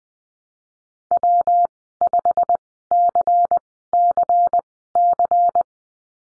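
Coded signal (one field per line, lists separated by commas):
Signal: Morse code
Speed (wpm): 20 wpm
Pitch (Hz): 700 Hz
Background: none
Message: W5CCC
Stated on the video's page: Morse code course lesson at Farnsworth speed 20/10 wpm, letter F in call signs.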